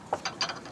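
A locking hitch pin is handled on a drop hitch in a truck receiver, for a Toyota Tundra, with a few short, sharp ratchet-like metallic clicks around 0.1, 0.3 and 0.4 seconds over a faint background. The pin lock has not clicked shut yet, and nothing has seated.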